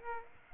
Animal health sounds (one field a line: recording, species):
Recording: mosquito wingbeat signal from an infrared sensor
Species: Aedes aegypti